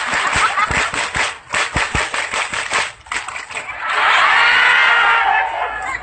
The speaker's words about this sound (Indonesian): Tepuk satu. Tepuk dua. Tepuk tiga. Tepuk pramuka.